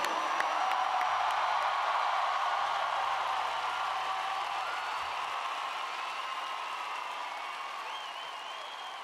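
Loud, sustained applause with crowd cheering and a few whoops for a huasteco music duo, a dense continuous wash of clapping that holds steady for about nine seconds before easing slightly toward the end.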